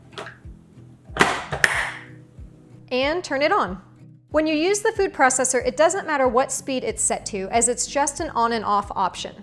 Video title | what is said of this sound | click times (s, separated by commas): *NEW* VITAMIX FOOD PROCESSOR - is it worth it? review + recipes | then snap the lid on and you'll hear it click. | 1.2 s, 1.6 s